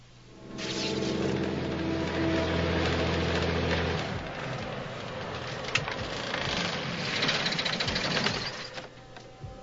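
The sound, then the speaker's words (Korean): A light aircraft's small propeller engine drones with a steady, rough hum in flight, then abruptly cuts out partway through, leaving rattling, whooshing noise with no voices. “그런데 샘과 클레어가 탄 경비행기의 엔진이 갑자기 멈추더니 멀리서 폭발음도 들려옵니다.”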